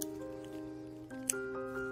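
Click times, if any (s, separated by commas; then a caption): 1.3 s. The quick-release spring bar pin of a Lemfo LEM10 smartwatch strap is let go and drops into the hole in the watch case lug, with music playing throughout. A sharp click at 1.3 s marks the pin seating in the lug hole, and it is confirmed to have gone in properly, with a hand test advised.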